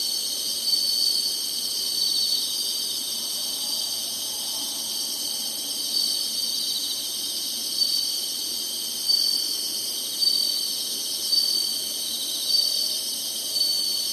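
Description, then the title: Insects in a steady high-pitched shrilling chorus, with short louder pulses repeating about every second in the latter half. Singing, in summer. "SINGING INSECTS SUMMER"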